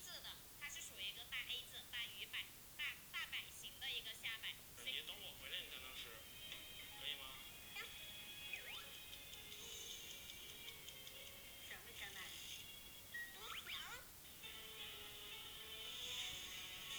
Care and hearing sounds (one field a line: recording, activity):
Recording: daily activity, guitar pickup as the sensor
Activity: browse video